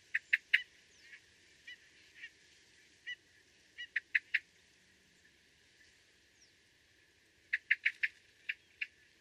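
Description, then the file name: Eurasian blackbird giving sharp chink calls in quick bursts of a few notes, with a dense run near the end. "Turdus merula"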